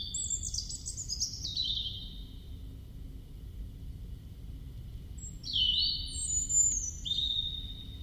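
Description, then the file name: European robin song: a high descending run of thin twittering notes, a pause, then a fuller burst of sweet warbling and whistles, over low background rumble. "Erithacus rubecula"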